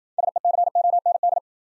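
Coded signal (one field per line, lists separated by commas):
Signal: Morse code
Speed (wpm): 53 wpm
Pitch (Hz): 700 Hz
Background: none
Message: SECOND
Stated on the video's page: New-word Morse drill at 55 wpm: each word sent, spoken, then sent again for head-copy practice.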